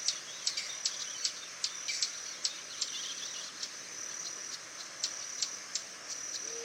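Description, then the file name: Swallow-tailed hummingbird repeating thin, piercing ticks two or three per second against a steady high ringing background, with one short low whistle at the end. "Canto do beija flor tesoura"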